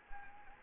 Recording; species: mosquito wingbeat signal from an infrared sensor; Anopheles gambiae